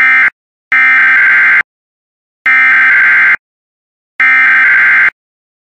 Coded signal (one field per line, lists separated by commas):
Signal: Emergency Alert System (SAME) tones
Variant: header bursts